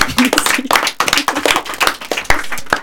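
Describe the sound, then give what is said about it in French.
A crowd applauds the evening's sound technician, a dense, even patter of many hands clapping at once for about three seconds with no voices standing out. “on peut l'applaudir très fort parce que du coup elle nous a carrément aidé, quoi.”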